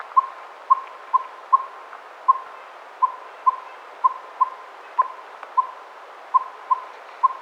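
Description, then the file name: Northern saw-whet owl repeating soft whistled toots at a slightly uneven pace, about two per second, with faint ticking sounds behind. Nominate subspecies acadicus. "Northern Saw-whet Owl - Aegolius acadicus acadicus"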